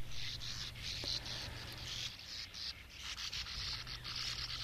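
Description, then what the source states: Sand Martin calls: dry, buzzy, nearly toneless rasps in repeated bursts throughout, over a low steady hum. Voice an amusing-sounding, almost toneless rasp.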